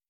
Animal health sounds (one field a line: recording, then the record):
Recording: hydrophone in a shrimp aquaculture tank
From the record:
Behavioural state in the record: stressed